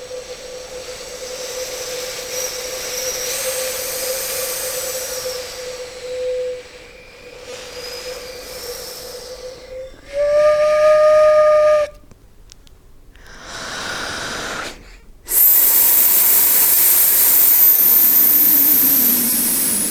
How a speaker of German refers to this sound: Ich schick dir mal ein Rauschen, okay? Bitte.